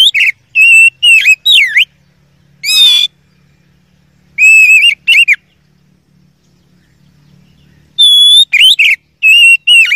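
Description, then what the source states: Oriental magpie-robin song in separate bursts of clear whistled notes, some steady, some slurred, with a rasping burst and long silent gaps between phrases. Masteran training song of a first-place champion kacer.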